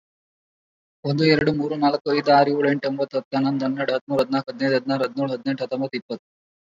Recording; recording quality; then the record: counting at a fast pace; excellent, no background noise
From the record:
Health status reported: COVID-19 positive, moderate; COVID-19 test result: positive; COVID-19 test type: RT-PCR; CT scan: not taken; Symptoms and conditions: cough, cold, breathing difficulty, sore throat, fever, fatigue, muscle pain, diarrhoea, hypertension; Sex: male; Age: 36 years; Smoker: yes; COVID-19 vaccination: one dose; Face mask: worn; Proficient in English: no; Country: India